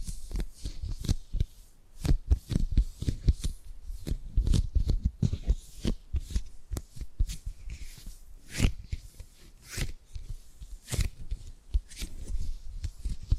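Tapping and gripping sounds come as a quick, irregular series of sharp clicks and taps, with bursts of dense crinkly rubbing between them. Some hits are bright and crisp, others carry a dull low thump. The activity keeps going for the whole stretch, with brief pauses.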